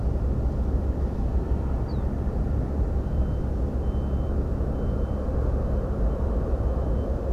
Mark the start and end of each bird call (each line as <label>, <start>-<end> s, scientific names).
Emberiza hortulana, 1.87-2.03 s